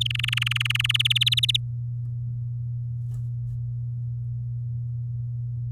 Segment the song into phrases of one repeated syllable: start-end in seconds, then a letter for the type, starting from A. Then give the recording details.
0.01-0.92 A, 0.94-1.57 B. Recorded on 10 May 2018 at 06:12. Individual llb16